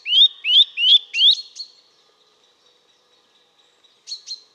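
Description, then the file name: Eurasian nuthatch calling with four quick upslurred whistles in a row, then a pause and two short sharp chips. "Sitta europaea"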